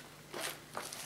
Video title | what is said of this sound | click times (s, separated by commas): Hoover Globe Ego G Vacuum Cleaner Unboxing, Assembly & First Look | I heard a click | 0.9 s